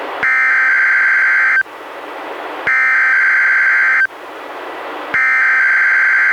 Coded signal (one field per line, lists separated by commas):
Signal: Emergency Alert System (SAME) tones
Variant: header bursts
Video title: EAS #67: NWR Required Weekly Test- Aug. 5, 2015- 11:15AM PDT